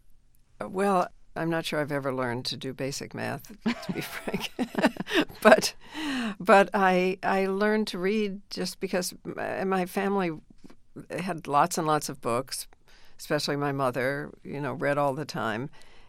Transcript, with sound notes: Well, I'm not sure I've ever learned to do basic math to be frank.
(LAUGHTER)
But I learned to read just because my family had lots and lots of books, especially my mother - you know, read all the time.